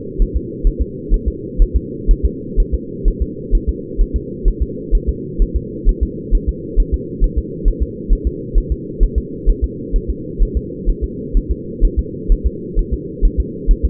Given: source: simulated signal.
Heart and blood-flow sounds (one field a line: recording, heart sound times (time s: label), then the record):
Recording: fetal heart sounds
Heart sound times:
0.22 s: S1
0.37 s: S2
0.67 s: S1
0.82 s: S2
1.14 s: S1
1.28 s: S2
1.62 s: S1
1.76 s: S2
2.11 s: S1
2.26 s: S2
2.60 s: S1
2.74 s: S2
3.08 s: S1
3.22 s: S2
3.55 s: S1
3.69 s: S2
4.01 s: S1
4.16 s: S2
4.48 s: S1
4.62 s: S2
4.95 s: S1
5.09 s: S2
5.42 s: S1
5.56 s: S2
5.89 s: S1
6.03 s: S2
6.35 s: S1
6.49 s: S2
6.80 s: S1
6.94 s: S2
7.24 s: S1
7.38 s: S2
7.68 s: S1
7.83 s: S2
8.13 s: S1
8.27 s: S2
8.58 s: S1
8.72 s: S2
9.03 s: S1
9.18 s: S2
9.50 s: S1
9.64 s: S2
9.96 s: S1
10.10 s: S2
10.43 s: S1
10.57 s: S2
10.90 s: S1
11.04 s: S2
11.37 s: S1
11.51 s: S2
11.85 s: S1
11.99 s: S2
12.32 s: S1
12.47 s: S2
12.79 s: S1
12.94 s: S2
13.25 s: S1
13.40 s: S2
13.71 s: S1
13.85 s: S2
From the record:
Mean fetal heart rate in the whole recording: 130 bpm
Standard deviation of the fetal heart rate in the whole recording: 4 bpm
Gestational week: 38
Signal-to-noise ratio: -4.1 dB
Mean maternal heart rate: no maternal heart sound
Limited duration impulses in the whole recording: absent